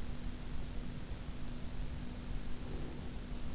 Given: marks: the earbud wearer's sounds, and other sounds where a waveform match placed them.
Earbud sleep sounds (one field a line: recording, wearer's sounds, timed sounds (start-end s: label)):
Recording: sounds in sleep by an in-ear microphone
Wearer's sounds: breath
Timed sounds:
2.67-3.15 s: breath